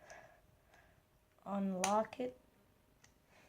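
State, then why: Released. A flat screwdriver is inserted into the screw lock of the laptop processor socket on the motherboard of an Acer Extensa 5220 and turned to unlock it. Someone talks from about 1.5 to 2.3 seconds, then a single sharp tick at 3.0 seconds marks the CPU socket lock clicking open, releasing the processor so it can be lifted out.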